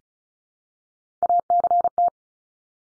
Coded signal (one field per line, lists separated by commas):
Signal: Morse code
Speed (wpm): 36 wpm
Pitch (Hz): 700 Hz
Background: none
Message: ACT